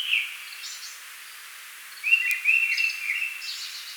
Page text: Tickells Thrush Song - Quick Sounds